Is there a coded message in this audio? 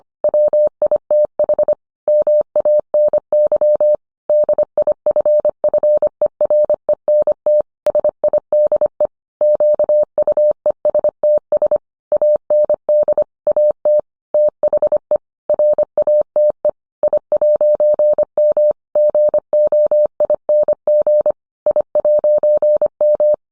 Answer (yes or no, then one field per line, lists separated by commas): yes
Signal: Morse code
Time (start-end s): 0.2-23.3 s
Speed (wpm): 25 wpm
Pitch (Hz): 600 Hz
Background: none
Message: WITH MANY DIFFERENT SIDE QUESTS AND AT THE RATE I'M GOING I'M